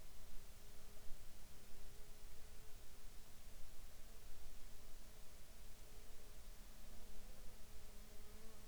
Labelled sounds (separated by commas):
insects